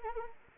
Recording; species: mosquito wingbeat signal from an infrared sensor; Anopheles arabiensis